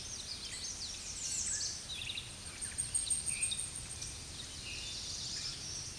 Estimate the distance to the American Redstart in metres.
about 25 m